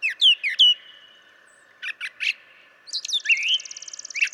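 Brown Thrasher song: slurred notes, a few harsh chips, then a buzzy trill with a rising whistled slur.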